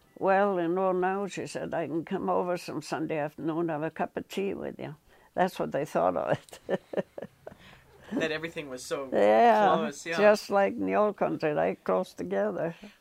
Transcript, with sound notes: "Well, you know," she said, "now I can come over some Sunday afternoon and have a cup of tea with you." That's what they thought of it. [Laughs]
That everything was so close.
Yeah, just like in the old country, right close together.